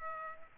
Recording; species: mosquito wingbeat signal from an infrared sensor; Culex pipiens